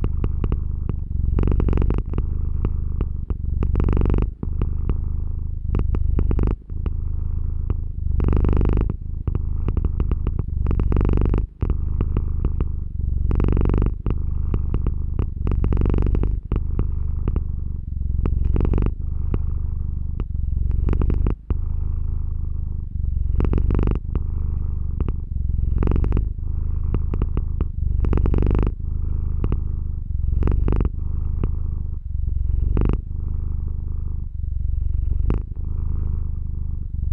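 A sleeping pet snores loudly and deeply, with a constant low rumble almost like purring. Each breath swells and rasps brighter roughly every two seconds, keeping a steady rhythm throughout, with brief clicks near 11 and 21 seconds.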